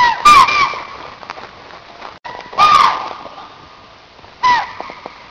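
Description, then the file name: Chital giving three sharp, high, downward-sliding barks spaced roughly two seconds apart, over steady background noise. "spotted deer"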